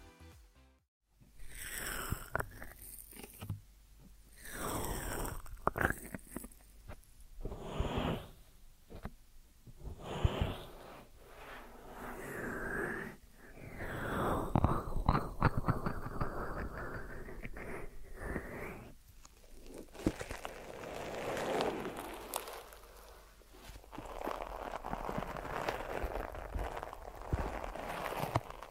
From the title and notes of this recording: ASMR Deep Ear Massage for Sleep(No Talking).